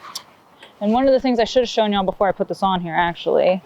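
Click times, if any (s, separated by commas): 0.2 s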